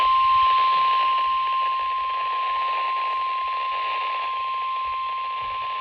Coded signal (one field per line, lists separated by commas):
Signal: Emergency Alert System (SAME) tones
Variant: 1050 Hz attention tone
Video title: WWG72 LMK Severe Thunderstorm Warning EAS #223 5/16/26